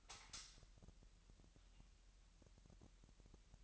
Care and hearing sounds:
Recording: daily activity, microphone in the room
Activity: light on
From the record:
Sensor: 3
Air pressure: 1001.9 hPa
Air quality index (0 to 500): 248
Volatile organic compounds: 50 ppm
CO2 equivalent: 3299 ppm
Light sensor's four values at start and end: 6/13/5/5 and 12/33/13/12

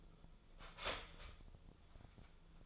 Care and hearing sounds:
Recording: daily activity, microphone in the room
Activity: start toaster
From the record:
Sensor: 5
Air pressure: 1009.3 hPa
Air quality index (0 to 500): 170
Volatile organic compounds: 4 ppm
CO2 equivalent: 1641 ppm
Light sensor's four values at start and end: 87/231/94/98 and 87/232/94/99

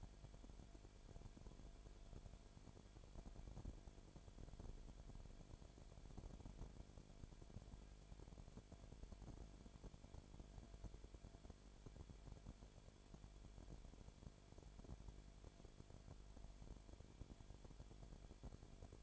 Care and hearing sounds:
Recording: daily activity, microphone in the room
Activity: no activity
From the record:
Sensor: 5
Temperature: 19.9 degrees Celsius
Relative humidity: 35.5%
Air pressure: 1003.4 hPa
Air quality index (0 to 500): 58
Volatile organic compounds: 1 ppm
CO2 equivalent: 639 ppm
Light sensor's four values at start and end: 2/3/1/1 and 2/3/1/1

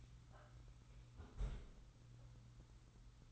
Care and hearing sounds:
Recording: daily activity, microphone in the room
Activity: close fridge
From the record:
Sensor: 3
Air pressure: 990.9 hPa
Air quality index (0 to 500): 123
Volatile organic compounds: 112 ppm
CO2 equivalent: 3827 ppm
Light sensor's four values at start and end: 30/70/28/27 and 30/70/28/27

